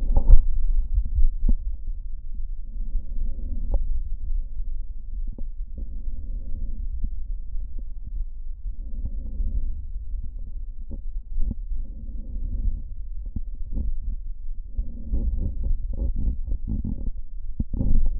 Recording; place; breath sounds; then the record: lung sounds by stethoscope; left posterior lower chest; normal breath sounds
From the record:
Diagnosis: none (healthy); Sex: male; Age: 41 years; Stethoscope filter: diaphragm mode, 100 to 500 Hz